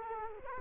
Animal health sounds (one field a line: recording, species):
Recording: mosquito wingbeat signal from an infrared sensor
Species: Culex quinquefasciatus